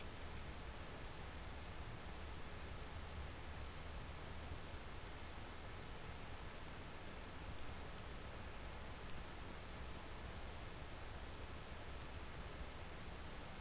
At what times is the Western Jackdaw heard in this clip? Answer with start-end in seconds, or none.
none